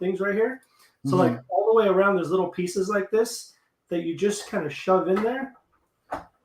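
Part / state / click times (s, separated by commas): small plastic clip element into a brick model's bench / seated / 6.1 s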